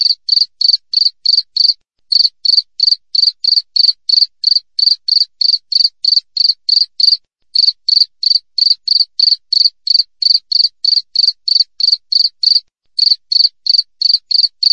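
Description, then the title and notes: Cricket chirping continuously, clean high pulsed notes at a brisk steady rhythm, interrupted by a few short pauses. Clear wild cricket chirps with tight spacing, used as a tutor recording for training songbirds and for repelling rats. "Masteran Jangkrik Alam Jernih, Jeda Rapat Cocok Untuk Masteran Burung Dan Mengusir Tikus. suara jangkrik"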